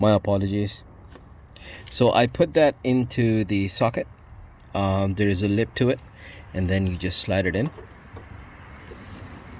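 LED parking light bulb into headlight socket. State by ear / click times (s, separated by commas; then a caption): not seated / none. A replacement LED parking light bulb for a Mercedes W212 E63 AMG is being slid past a lip into its socket in the headlight housing while someone talks. A few faint, short ticks of handling are heard around 1.1–1.6 seconds. Nothing has seated or clicked yet.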